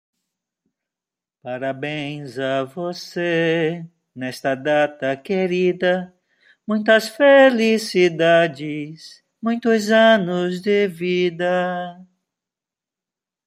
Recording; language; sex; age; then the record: short text; Brazilian Portuguese; male; 60 to 69 years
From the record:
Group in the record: control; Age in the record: 60 years